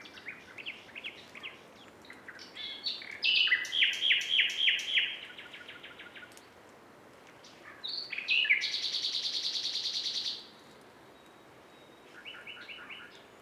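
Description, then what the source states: Common nightingale song phrases: a stuttering series of clipped notes, then a loud, dense buzzing rattle lasting about two seconds, with softer chirps trailing at the end. Several nightingales singing together as a concert; recorded in quadraphonic sound.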